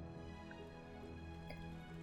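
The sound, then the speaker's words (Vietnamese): Steady rain falls in an even, unbroken patter, with the low continuous mechanical hum of a sewing machine running underneath. The whole sound is faint and constant, with no voices. “Tiếng máy may đầu đó vang lên, kèm theo tiếng mưa rơi rã rít.”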